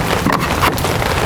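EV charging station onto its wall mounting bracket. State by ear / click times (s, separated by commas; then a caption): seated / 0.3 s. An EV charging station unit is pushed onto its wall-mounted bracket, producing a series of sharp clicks over steady low rumble and wind-like noise. A sharp snap at 0.3 s marks the unit seating into place on the bracket.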